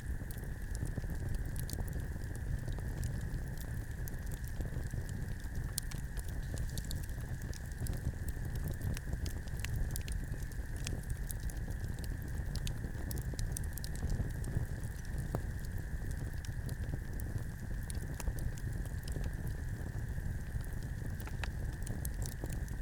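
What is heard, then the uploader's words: A late-night campfire burns steadily, with a dense, constant low rumble of flames and frequent small crackles and pops scattered throughout. A steady high insect-like drone holds underneath the whole time, and the overall level stays even without any big changes. Late Night Campfire At Medicine Lake. This was recorded on a clear and cool summer night in the Hemlock Campground at Medicine Lake in Modoc National Forest, Siskiyou County, California.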